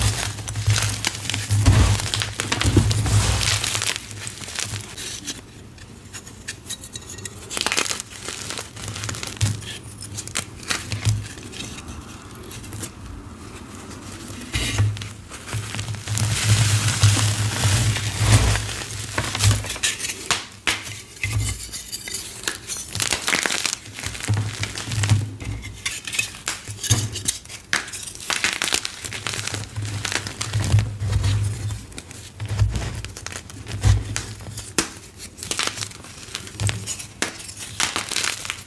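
Chalk blocks and cornstarch crunchies are crushed in dense, crackly bursts that crinkle and crunch almost without pause. The crumbling is bright and gritty, swelling and easing in waves, with a low thumping hum recurring underneath every few seconds.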